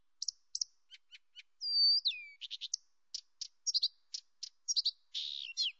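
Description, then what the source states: Blyth's reed warbler delivering a lively high song of sharp ticks, a drawn-out whistled slur falling at its end, and quick chattering buzzy notes. Nominate subspecies Acrocephalus dumetorum dumetorum.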